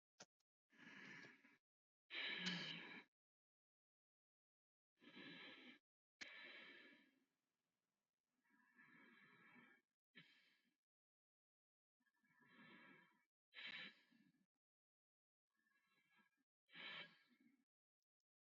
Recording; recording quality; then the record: deep breathing; excellent, no background noise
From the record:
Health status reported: healthy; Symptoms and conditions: breathing difficulty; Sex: male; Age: 25 years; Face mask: not worn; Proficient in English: yes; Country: India